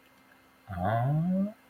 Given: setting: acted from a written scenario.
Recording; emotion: vocal sound without words; confusion